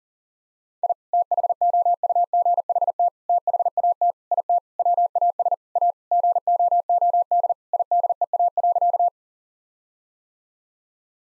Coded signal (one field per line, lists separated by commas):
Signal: Morse code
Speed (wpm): 40 wpm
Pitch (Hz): 700 Hz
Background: none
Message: I THOUGHT THAT IT WAS A GOOD IDEA.